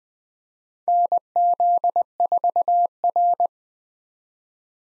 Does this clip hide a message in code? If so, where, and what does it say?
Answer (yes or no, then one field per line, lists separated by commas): yes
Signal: Morse code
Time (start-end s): 0.9-3.5 s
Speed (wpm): 20 wpm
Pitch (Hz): 700 Hz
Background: none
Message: NZ4R